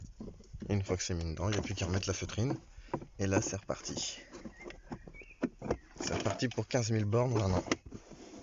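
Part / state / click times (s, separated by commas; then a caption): interior trim panel into car dashboard / not seated / none. Someone talks while handling a felt and plastic interior trim panel being refitted into a car dashboard after a cabin filter change, with a few short knocks and taps from the panel between the words. Nothing has seated or clicked yet; the trim clips have not snapped back in place.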